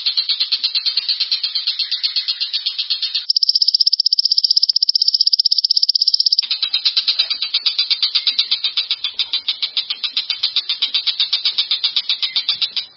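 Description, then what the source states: Long-tailed shrike song: rapid, even pulsed chattering at several beats a second, broken by a steady, buzzy, rattling stretch, then the chatter resumes. Combination song compiled for songbird training.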